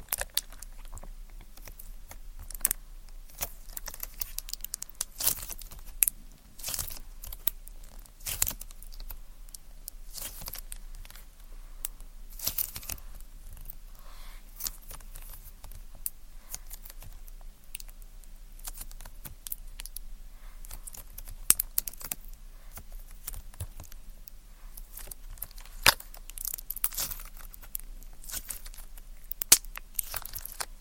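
Close, fiddly ear-cleaning sounds with tweezers: constant small clicks, scratches and sticky crackles scattered densely across the whole half minute, bright and sharp with no steady rhythm. A few louder snaps stand out around 6, 21 and 26 seconds over a faint low hum.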